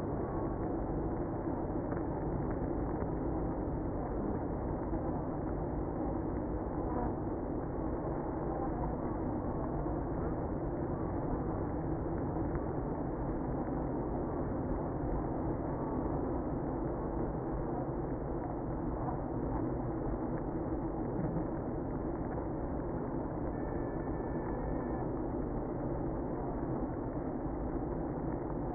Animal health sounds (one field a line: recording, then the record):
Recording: honeybee colony, microphone inside the hive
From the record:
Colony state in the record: queenless (queen removed)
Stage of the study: after two queens were removed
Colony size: about 60,000 bees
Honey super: yes